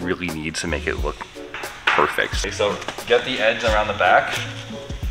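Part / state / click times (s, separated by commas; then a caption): front lip spoiler onto the bottom edge of the car's front bumper / not seated / none. Someone talks over music while the edge of a plastic front lip spoiler is worked around the back of the bottom edge of a 300ZX's front bumper. The lip is only being handled and fitted; nothing has seated or clicked yet.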